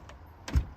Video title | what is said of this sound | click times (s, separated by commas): van tour: traveling with 3 dogs in a promaster conversion | latched okay | 0.5 s